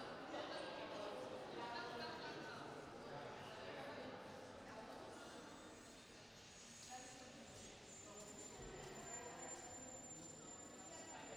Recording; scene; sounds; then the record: everyday scene through a hearing-aid microphone; reverberant space; background noise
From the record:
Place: railway station hall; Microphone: in the ear canal, right